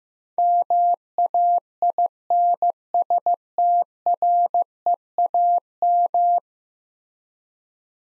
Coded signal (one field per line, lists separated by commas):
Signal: Morse code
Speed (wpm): 15 wpm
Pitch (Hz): 700 Hz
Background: none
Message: MAINSTREAM